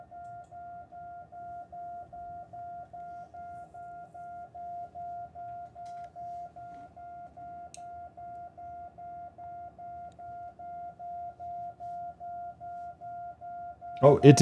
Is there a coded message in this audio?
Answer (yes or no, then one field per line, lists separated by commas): no